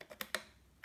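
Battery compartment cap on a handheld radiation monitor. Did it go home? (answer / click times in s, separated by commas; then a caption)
yes / 0.3 s. The stiff twist-lock battery compartment cap on a Series 900 mini handheld radiation monitor, holding a 9-volt battery, is turned closed. Several short, sharp ticks sound, with a bright click at 0.4 s and a fainter tick near 0.8 s. The cap is seated closed and will no longer twist.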